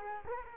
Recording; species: mosquito wingbeat signal from an infrared sensor; Culex quinquefasciatus